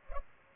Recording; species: mosquito wingbeat signal from an infrared sensor; Culex pipiens